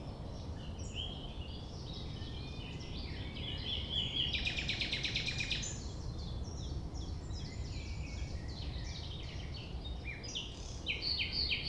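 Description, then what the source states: Common nightingale song: a fast run of repeated buzzy notes midway, among varied high phrases, over a low constant rumble. At sunrise, 6 a.m., near the Thève at Champ de Ménage; the nightingale sings without waiting for silence.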